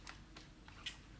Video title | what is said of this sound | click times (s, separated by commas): Baby Bunting Live Series - Episode 2 - Choosing the right pram | it just clicks back in like so. | 0.1 s, 0.9 s